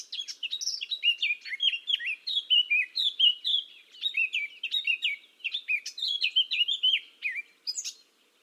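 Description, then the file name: Eurasian blackcap song: a long run of clear, whistled notes in quick succession, rising and falling. "Sylvia atricapilla"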